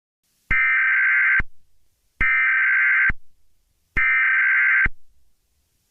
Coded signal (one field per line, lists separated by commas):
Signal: Emergency Alert System (SAME) tones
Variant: header bursts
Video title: Zombie Outbreak EAS [with footage]